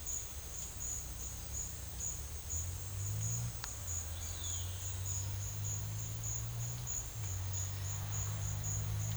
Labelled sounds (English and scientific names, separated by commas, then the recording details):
none
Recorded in secondary vegetation near Puerto Asís, Putumayo, Colombia, on 9 March 2025 at 11:00
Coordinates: 0.498, -76.327
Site G001